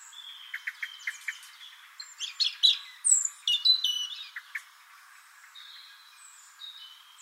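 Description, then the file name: European robin: songbird phrase of high, jumbled twittering and short whistles after a run of evenly spaced short notes; softer scattered notes afterward. "Erithacus rubecula"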